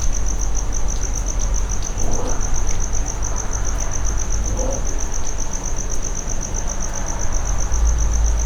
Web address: allathangok jaszberenyizoo 2016 professzionalis tucsok muanyagelosztodobozban jobbramocsarimacska